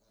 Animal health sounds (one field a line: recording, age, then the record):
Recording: pig call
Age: piglet (1 to 25 days)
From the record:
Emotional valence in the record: positive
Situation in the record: short reunion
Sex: male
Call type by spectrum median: low-frequency call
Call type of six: low-frequency stable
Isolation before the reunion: 3 minutes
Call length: 0.11 s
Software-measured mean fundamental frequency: 203 Hz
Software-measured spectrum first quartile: 364 Hz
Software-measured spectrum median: 1688 Hz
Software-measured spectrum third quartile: 7959 Hz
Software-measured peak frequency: 209 Hz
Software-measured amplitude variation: 35 dB a second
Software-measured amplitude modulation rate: 27.4 a second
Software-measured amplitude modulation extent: 1.3 dB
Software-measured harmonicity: 4.4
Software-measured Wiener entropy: -2.10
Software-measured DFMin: 665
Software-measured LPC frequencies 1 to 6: 567, 1281, 4083, 4877, 5720, 6396 Hz